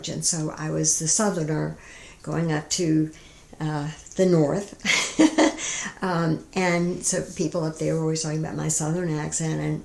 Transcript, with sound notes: And so, I was the southerner going up to the North. [laughter] So, people up there were always talking about my southern accent.